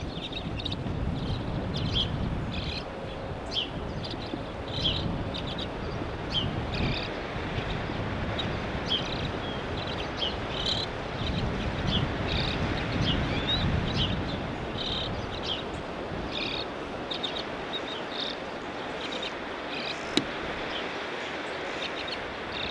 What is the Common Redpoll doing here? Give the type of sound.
call